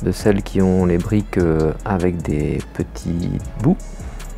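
Smooth plastic finishing tiles from a LEGO Bonsai 10281 set are handled over the studded bricks of the bonsai pot, to be clipped onto the studs on top. Someone talks throughout the clip. Nothing has seated or clicked yet.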